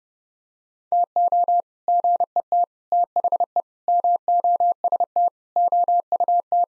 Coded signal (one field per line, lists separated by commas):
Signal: Morse code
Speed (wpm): 32 wpm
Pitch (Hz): 700 Hz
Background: none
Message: TO GET THE MOST OUT